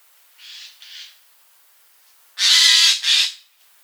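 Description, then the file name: Eurasian jay giving harsh, rasping screeches: two softer calls, then two loud broad grating calls in quick succession after a short pause. "Garrulus glandarius"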